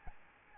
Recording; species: mosquito wingbeat signal from an infrared sensor; Aedes albopictus